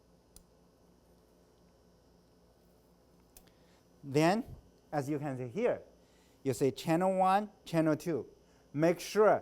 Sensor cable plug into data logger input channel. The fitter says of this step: i'm gonna insert here you should see a click you should hear a click then